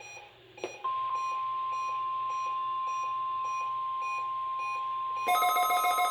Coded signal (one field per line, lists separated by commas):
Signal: Emergency Alert System (SAME) tones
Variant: 1050 Hz attention tone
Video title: EAS #45 - Required Weekly Test